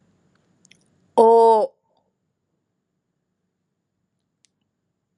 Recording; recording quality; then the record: sustained vowel as in boot; excellent, no background noise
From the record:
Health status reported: healthy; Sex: female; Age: 25 years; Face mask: not worn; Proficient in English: yes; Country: India